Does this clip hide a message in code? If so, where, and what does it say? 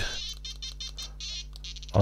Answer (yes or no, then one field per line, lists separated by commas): no